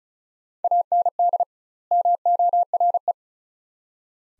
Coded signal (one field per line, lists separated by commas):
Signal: Morse code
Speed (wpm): 34 wpm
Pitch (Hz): 700 Hz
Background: none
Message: AND MORE